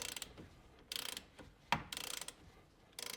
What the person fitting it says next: yep it just stripped